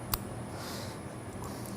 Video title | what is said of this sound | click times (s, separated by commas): CNC Operation with Sayyad | that was it then kind of a quiet click maybe | 0.1 s